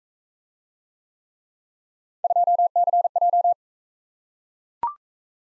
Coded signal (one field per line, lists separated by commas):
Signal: Morse code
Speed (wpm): 42 wpm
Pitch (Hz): 700 Hz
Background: none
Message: 2CJ